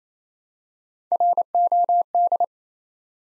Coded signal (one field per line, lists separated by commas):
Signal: Morse code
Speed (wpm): 27 wpm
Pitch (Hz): 700 Hz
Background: none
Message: ROD